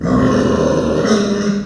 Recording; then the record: squeal of a Yucatan mini pig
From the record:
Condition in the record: after surgery on the right vocal fold (resection and tissue-engineered implant); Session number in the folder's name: 9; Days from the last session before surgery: 65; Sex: female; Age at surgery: 19 weeks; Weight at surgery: 25 kg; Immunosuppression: prednisolone